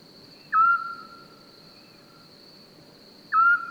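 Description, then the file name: Eurasian scops owl: a plain whistled hoot, repeated once roughly three seconds later, set against a continuous high-pitched droning tone. Recorded 27 May 2021 at 22:45 in Francheville. "Hibou-petit-duc 2245 Francheville"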